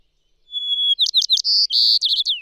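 Bird singing a high, level whistle followed by rapid clipped chirps and two buzzy trills, closing on a smoothly falling slur.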